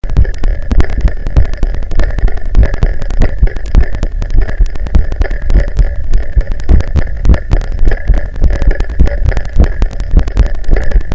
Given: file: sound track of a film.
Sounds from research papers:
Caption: Heart sounds of healthy volunteer 9 recorded with Auscul Pi.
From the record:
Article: A Low-Cost, Ear-Contactless Electronic Stethoscope Powered by Raspberry Pi for Auscultation of Patients With COVID-19: Prototype Development and Feasibility Study

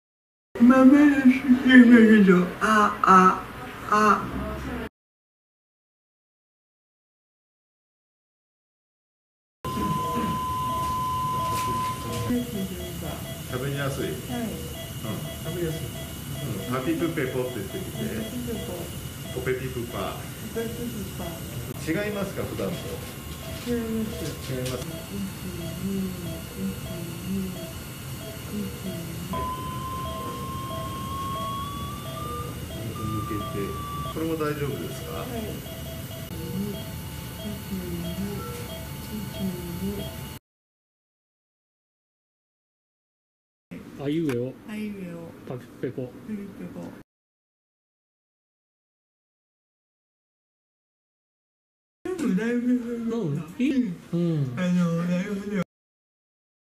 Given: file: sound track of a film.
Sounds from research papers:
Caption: Preoperatively, the patient exhibited blepharospasm, cervical anterior flexion, and voice stammering. During surgery, a lesioning needle was inserted into the medial left PTT. The lesioning was performed after observing muscle tonus improvement with test stimulation and noting that speaking became easier. The procedure was extended to include the lateral left PTT, and the operation was completed as planned on the MRI. Postoperatively, the patient demonstrated symptom improvement, with the positive effects lasting for six months following the surgery.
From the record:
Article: Unilateral Stereotactic Radiofrequency Lesioning as a Surgical Treatment Option for Meige Syndrome

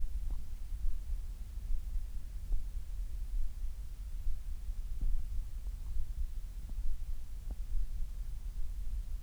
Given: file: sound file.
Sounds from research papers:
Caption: Audio file of ear canal signals from the no.5 control.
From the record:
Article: Pre-Treatment Objective Diagnosis and Post-Treatment Outcome Evaluation in Patients with Vascular Pulsatile Tinnitus Using Transcanal Recording and Spectro-Temporal Analysis

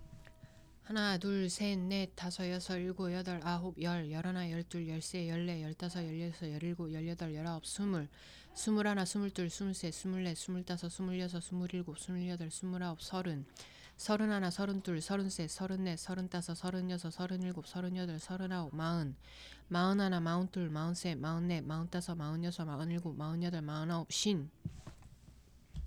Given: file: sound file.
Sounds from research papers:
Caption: Example for number protocol. In the number task, the patients were instructed to count from 1 to 50 as fast as possible without pausing, if possible.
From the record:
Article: Detection and differentiation of ataxic and hypokinetic dysarthria in cerebellar ataxia and parkinsonian disorders via wave splitting and integrating neural networks

